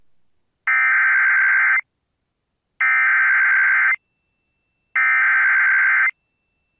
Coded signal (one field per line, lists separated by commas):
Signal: Emergency Alert System (SAME) tones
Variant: header bursts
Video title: (ARCHIVED) AMBER ALERT CHAOS. EAS alerts from 7/7/23 (EAS #86-90)